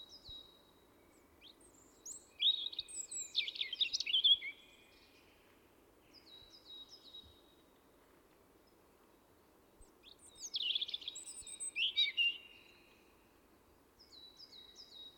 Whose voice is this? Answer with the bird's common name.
European Robin